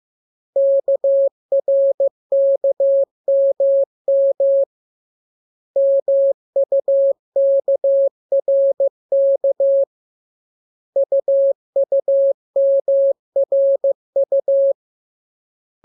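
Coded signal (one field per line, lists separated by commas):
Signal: Morse code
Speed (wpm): 15 wpm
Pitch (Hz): 550 Hz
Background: none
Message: KRKMM MUKRK UUMRU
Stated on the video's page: Morse lesson for the letters K, M, U and R, sent as a radiogram that opens with VVV and a section sign and closes with AR.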